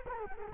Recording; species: mosquito wingbeat signal from an infrared sensor; Culex quinquefasciatus